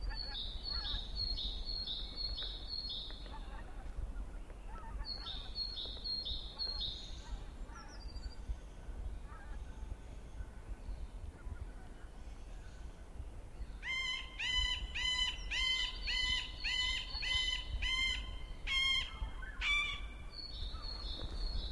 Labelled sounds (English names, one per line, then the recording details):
Middle Spotted Woodpecker
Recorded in the wild
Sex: male
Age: adult
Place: Liepnitzsee, Naturpark Barnim, Brandenburg, DE
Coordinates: 52.7417, 13.5119
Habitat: decidouos forest
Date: 2011-03-20 10:30
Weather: fair, 5°C, no wind
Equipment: Sound Devices 702, Sennheiser MKH 70, Rycote Windschutz
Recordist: Frommolt, Karl-Heinz